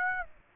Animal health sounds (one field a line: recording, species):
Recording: mosquito wingbeat signal from an infrared sensor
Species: Aedes aegypti